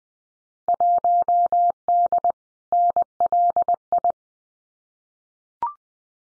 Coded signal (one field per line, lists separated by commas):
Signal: Morse code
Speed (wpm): 20 wpm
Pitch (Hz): 700 Hz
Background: none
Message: 1D NLI